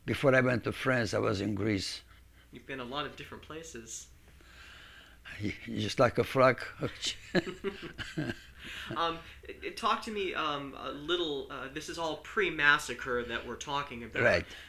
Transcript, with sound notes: before I went to France I was in Greece.
You've been a lot of different places.
Just like a frog. (he gestures a hopping frog with his hand, they laugh)
Talk to me a little, this is all pre-massacre that we're talking about,